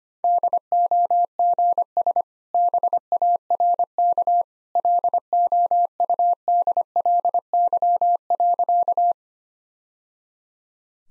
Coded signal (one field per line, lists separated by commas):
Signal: Morse code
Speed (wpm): 25 wpm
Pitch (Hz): 700 Hz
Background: none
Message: DOGS BARK LOUDLY.